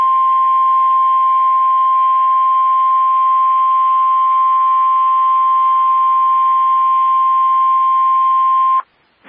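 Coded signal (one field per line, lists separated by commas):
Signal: Emergency Alert System (SAME) tones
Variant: 1050 Hz attention tone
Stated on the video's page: Real severe thunderstorm warning alert in Massachusetts.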